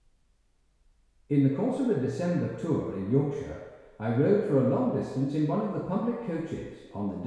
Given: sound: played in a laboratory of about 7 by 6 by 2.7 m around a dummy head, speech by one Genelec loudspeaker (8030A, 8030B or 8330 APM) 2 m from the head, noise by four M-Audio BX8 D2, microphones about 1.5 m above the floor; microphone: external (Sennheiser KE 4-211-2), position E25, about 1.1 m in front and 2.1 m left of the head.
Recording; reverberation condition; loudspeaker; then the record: male speech in English; high; 60 degrees to the left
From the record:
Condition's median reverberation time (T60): about 1300 ms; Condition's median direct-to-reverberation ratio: about -4.0 dB